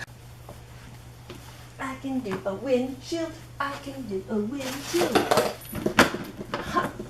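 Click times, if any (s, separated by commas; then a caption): 6.0 s. A plastic windshield is pressed into its mounting slots on the body of a children's ride-on car during assembly while someone talks. A sharp snap at 5.9 s leads into a louder snap at 6.0 s as the windshield seats firmly into place.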